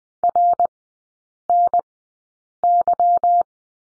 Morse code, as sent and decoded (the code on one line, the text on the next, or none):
.-. -. -.--
RNY